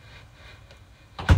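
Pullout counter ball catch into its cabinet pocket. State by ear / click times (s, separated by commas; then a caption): seated / 1.3 s. A pullout counter panel, made of the same material as the countertop, slides back into its pocket in the cabinet. A faint tick comes at 0.7 s, then a sharp click with a low thunk at 1.3 s as the ball catch on the back snaps shut and locks the counter in place.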